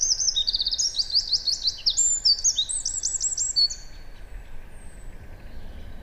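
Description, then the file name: Eurasian wren singing: an energetic burst of high, sharp notes and buzzy trills for about three and a half seconds, then near quiet with soft background hiss. "Troglodytes troglodytes"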